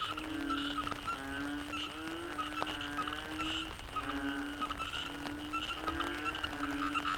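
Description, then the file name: Frogs calling together, repeated low tonal notes with scattered higher pulsed calls. Frogs in the Cherating wetlands, Malaysia; a wetland soundscape. "yamaha frogs cherating wetlands"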